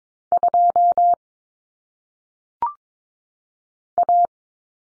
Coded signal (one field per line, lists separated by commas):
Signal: Morse code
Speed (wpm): 22 wpm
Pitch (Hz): 700 Hz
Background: none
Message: 2 A